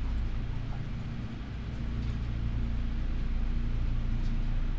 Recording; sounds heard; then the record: poultry house recording; healthy chickens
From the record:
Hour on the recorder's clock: 12